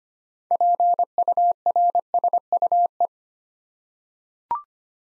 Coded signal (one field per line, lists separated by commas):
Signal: Morse code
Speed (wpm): 25 wpm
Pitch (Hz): 700 Hz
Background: none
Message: PURSUE